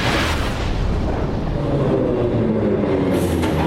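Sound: subway train running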